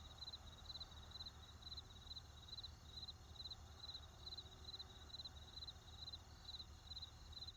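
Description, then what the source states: Repeated short pulsed cricket chirps at an even pace, accompanied by a continuous low drone of traffic. Crickets with distant traffic.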